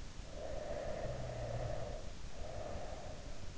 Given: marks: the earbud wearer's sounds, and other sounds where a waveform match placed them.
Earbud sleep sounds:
sounds in sleep by an in-ear microphone; snoring breath
0.14-3.38 s: snoring breath

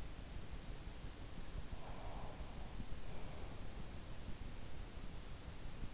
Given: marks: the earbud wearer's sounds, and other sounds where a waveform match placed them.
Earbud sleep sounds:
sounds in sleep by an in-ear microphone; breath
1.73-3.82 s: breath

